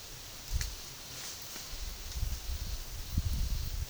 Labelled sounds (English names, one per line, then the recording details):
none
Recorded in dense forest near Puerto Asís, Putumayo, Colombia, on 21 February 2024 at 12:30
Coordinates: 0.503, -76.322
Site G6418